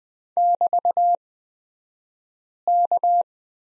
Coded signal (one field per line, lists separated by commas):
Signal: Morse code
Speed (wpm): 20 wpm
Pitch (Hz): 700 Hz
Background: none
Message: <BT>K